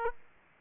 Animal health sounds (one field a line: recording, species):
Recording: mosquito wingbeat signal from an infrared sensor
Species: Aedes aegypti